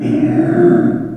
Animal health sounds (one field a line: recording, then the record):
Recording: squeal of a Yucatan mini pig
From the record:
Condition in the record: after surgery on the right vocal fold (resection and tissue-engineered implant)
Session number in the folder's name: 3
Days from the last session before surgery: 21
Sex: female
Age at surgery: 19 weeks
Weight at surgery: 25 kg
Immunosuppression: prednisolone